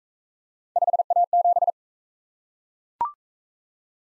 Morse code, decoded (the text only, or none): 5A7